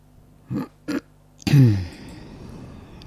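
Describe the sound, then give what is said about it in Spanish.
During a broadcast on Radio Crash, 105 FM, two short, sharp coughs are followed by a louder, longer cough with a low, rough, groaning tone that fades into a quiet background hiss. “Seguimos aquí, pero como a veces nos da como la tos, tenemos que callar.”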